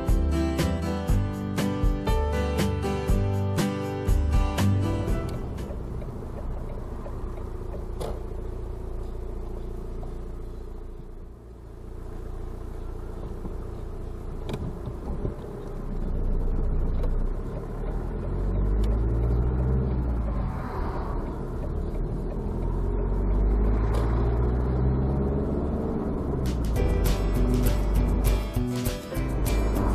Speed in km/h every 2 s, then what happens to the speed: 37, 31, 25, 15, 6, 0, 0, 0, 0, 6, 16, 18, 26, 35, 37.
0-9 brakes to 0. 9-16 standing. 16-30 pulls away to 37.